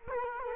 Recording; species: mosquito wingbeat signal from an infrared sensor; Culex quinquefasciatus